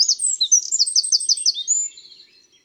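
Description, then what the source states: Eurasian wren song: a high, strident burst of quickly repeated notes lasting about two seconds, then fading. Powerful, even strident song that is nearly always the same.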